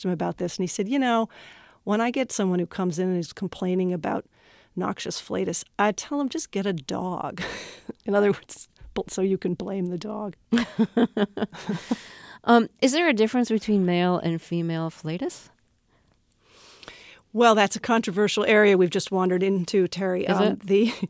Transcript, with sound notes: I asked him about this, and he said, you know, when I get someone who comes in and is complaining about noxious flatus, I tell them: Just get a dog. In other words, so you can blame the dog.
(LAUGHTER)
Is there a difference between male and female flatus?
Well, that's a controversial area we've just wandered into, Terry.